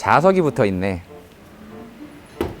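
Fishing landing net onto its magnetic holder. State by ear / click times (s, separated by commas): seated / 2.4 s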